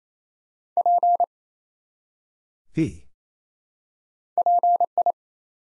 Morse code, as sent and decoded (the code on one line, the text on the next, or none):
.--. / .--. ..
P PI